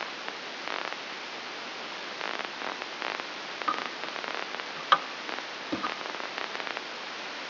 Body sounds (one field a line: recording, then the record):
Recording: brain microelectrode recording played as sound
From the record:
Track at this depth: outside the subthalamic nucleus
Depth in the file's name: 7.26 mm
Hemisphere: left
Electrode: 2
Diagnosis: Parkinson's disease